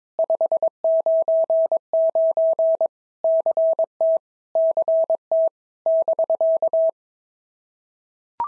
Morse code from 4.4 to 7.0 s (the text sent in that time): CT <BK>